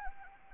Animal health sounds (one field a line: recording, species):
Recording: mosquito wingbeat signal from an infrared sensor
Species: Anopheles gambiae